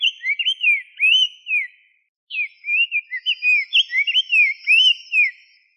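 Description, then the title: Bird giving bright whistled notes that swoop up and down, in two quick phrases split by a short pause, the second longer. "LuckyPassaros CompletosSama"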